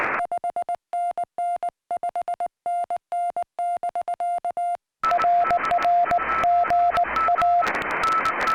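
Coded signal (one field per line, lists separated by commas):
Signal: Morse code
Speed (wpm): 20 wpm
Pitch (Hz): 700 Hz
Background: music, radio noise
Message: 5NN 5NN <BK> RR GA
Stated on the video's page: CW from Summits on the Air activations sent with portable paddles, including 14 MHz contacts across the 0000 UTC crossover.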